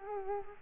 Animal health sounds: mosquito wingbeat signal from an infrared sensor; Culex quinquefasciatus

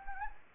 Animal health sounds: mosquito wingbeat signal from an infrared sensor; Anopheles gambiae

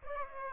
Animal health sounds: mosquito wingbeat signal from an infrared sensor; Aedes aegypti

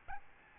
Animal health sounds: mosquito wingbeat signal from an infrared sensor; Aedes albopictus

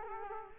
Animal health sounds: mosquito wingbeat signal from an infrared sensor; Culex quinquefasciatus

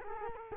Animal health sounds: mosquito wingbeat signal from an infrared sensor; Culex quinquefasciatus

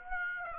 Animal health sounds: mosquito wingbeat signal from an infrared sensor; Aedes aegypti

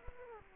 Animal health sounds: mosquito wingbeat signal from an infrared sensor; Aedes aegypti

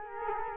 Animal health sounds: mosquito wingbeat signal from an infrared sensor; Culex quinquefasciatus

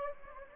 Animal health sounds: mosquito wingbeat signal from an infrared sensor; Anopheles gambiae

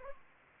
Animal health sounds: mosquito wingbeat signal from an infrared sensor; Anopheles arabiensis

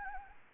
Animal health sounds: mosquito wingbeat signal from an infrared sensor; Anopheles gambiae

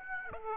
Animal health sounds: mosquito wingbeat signal from an infrared sensor; Aedes aegypti

